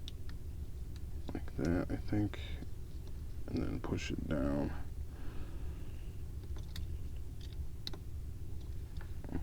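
A removable hard top of a scale diecast model car is pushed down onto the body while someone talks. Light clicks and handling taps come before a sharp click at 7.9 s, when the roof snaps into place and is seated.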